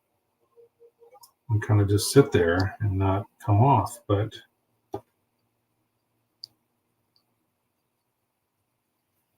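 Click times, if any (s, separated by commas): 6.4 s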